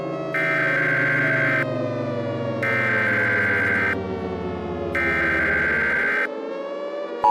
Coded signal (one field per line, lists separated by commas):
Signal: Emergency Alert System (SAME) tones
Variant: header bursts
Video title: EAS Scenario #19 - The Wraith of Admin Romeo